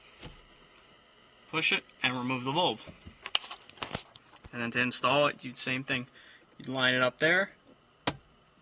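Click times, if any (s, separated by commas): 8.1 s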